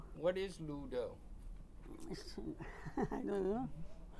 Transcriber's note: chuckles